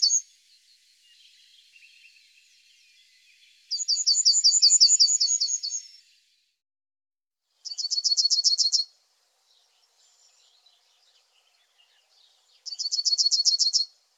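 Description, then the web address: Yellowhammer song: three high, fast trills of rapidly repeated notes with pauses between them and faint twittering early on. "IVN Zangvogels Geelgors"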